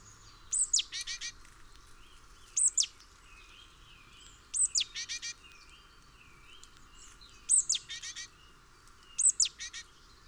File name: Parus major